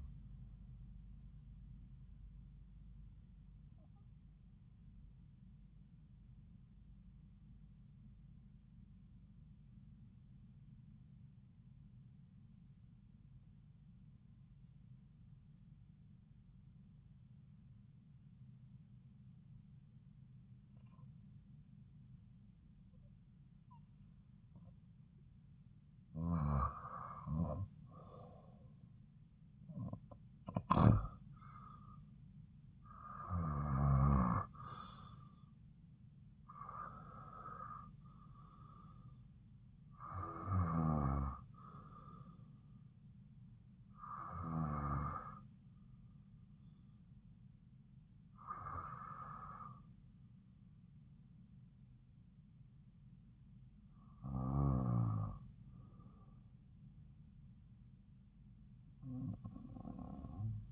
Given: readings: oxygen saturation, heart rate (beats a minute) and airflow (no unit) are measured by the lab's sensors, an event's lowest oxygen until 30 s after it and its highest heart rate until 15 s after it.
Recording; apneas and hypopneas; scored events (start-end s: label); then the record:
breathing in sleep by a smartphone at the bedside; 1
7.00-28.30 s: hypopnea (REM, oxygen 96% highest, then 90% lowest)
From the record:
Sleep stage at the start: REM sleep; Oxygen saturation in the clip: 90 to 96%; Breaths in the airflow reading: 11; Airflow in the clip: -8.4 to 6.4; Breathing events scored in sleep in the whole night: 270 in 6.1 hours asleep